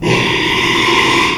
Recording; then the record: squeal of a Yucatan mini pig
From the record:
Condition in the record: after surgery on the right vocal fold (resection and tissue-engineered implant); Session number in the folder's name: 1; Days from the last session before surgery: 6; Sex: male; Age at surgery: 12 weeks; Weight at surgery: 13 kg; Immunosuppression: cyclosporine, prednisolone